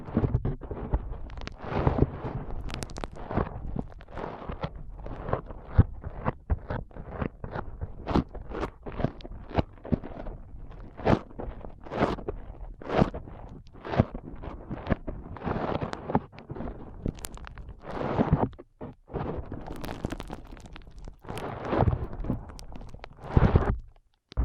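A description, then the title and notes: Foam being squeezed and rubbed for a brain-massage ASMR session, heard as a dense run of short crackling, squishing bursts. The bursts come rapidly and unevenly through all 24 seconds, each sharp and bright, with brief near-silent gaps around 18 and 24 seconds. ASMR Powerful Foam Brain Massage.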